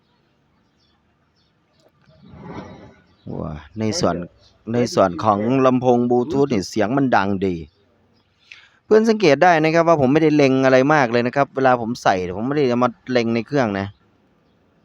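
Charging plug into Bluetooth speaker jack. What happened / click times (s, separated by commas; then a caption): The charging plug snapped into its jack / 8.5 s. A charging plug is pushed into the charging jack of a Bluetooth speaker without aiming, and a short, sharp click at 8.5 s marks it snapping into place and seating. Someone talks before and after.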